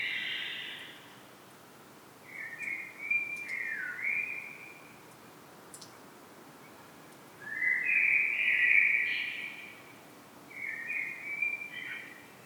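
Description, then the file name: Common blackbird calling: several warbled phrases of varying length, separated by pauses, with some higher twittering notes, over a soft steady background hiss. "Turdus merula"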